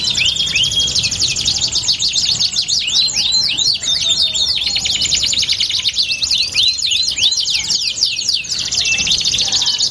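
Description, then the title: Belgian canary song with fast chattering trills and swooping notes, shifting between rolled and buzzy phrases without pause. Belgian canary song used to warm up canaries and prompt them to answer and sing within seconds. "Canto Para Esquentar Canário Belga. LANGSUNG NYAUT. Pancingan suara kenari hitungan detik langsung ikut bunyi"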